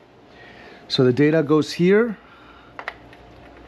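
A data cable plug is handled at the data port of a Smart LED Cybermesh 2.0 panel, to be pushed forward into the port until it clicks. Someone talks, then a few faint handling taps are heard near 2.8 to 2.9 seconds. Nothing has seated or clicked yet.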